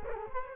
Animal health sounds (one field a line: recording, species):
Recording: mosquito wingbeat signal from an infrared sensor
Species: Culex quinquefasciatus